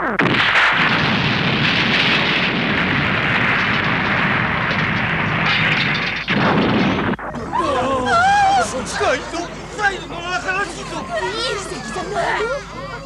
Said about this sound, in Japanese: この振動の伝わり方は爆発だ。 ジオンだ。ジオンの攻撃だ。